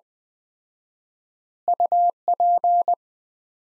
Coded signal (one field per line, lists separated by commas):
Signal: Morse code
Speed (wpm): 20 wpm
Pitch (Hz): 700 Hz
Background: none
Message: UP